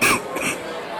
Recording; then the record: coughing mixed with background sound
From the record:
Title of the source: 31 night wet cough